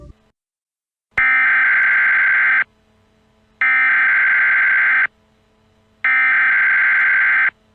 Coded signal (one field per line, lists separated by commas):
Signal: Emergency Alert System (SAME) tones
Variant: header bursts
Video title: EAS Scenario: The Best of Both Worlds